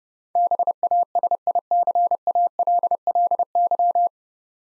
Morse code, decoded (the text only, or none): BASICALLY